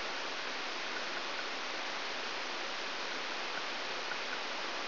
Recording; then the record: brain microelectrode recording played as sound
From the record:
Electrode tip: outside the subthalamic nucleus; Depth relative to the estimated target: -6 mm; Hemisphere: left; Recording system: AlphaMap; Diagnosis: Parkinson's disease